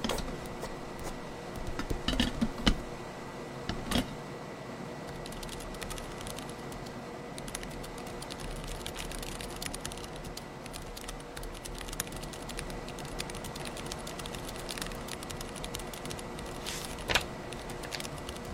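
Sparse typing and scratchy handwriting over a steady hum, with sharper clicks and rustles around two to four seconds and near seventeen.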